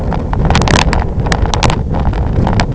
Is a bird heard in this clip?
no